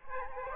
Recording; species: mosquito wingbeat signal from an infrared sensor; Aedes aegypti